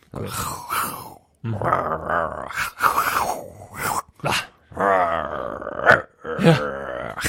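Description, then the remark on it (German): A voice imitates a growling tiger in a string of rough, gravelly grunts and groans, delivered in uneven loud bursts with brief pauses between them. “Das sage ich auf Tigerisch.”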